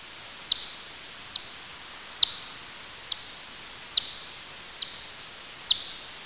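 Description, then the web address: Bat: several short, sharp clicks, evenly spaced, over a steady faint hiss. "Fledermaus"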